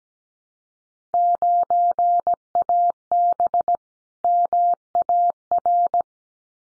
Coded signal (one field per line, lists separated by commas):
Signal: Morse code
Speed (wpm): 17 wpm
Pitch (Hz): 700 Hz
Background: none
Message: 9AB MAR